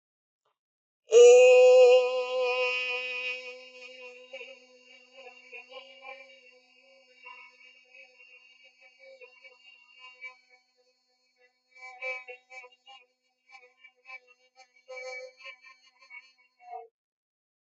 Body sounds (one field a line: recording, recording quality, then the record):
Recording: sustained vowel as in made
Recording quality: moderate, slight background noise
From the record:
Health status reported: healthy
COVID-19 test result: not tested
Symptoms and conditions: none ticked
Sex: female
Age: 20 years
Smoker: not ticked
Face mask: not worn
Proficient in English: yes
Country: India